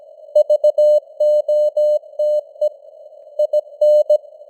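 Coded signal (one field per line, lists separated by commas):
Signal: Morse code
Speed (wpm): 17 wpm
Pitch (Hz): 600 Hz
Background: none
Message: VOTE IN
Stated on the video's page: News headlines in Morse at 17 wpm with simulated radio noise and varying signal strength (QSB).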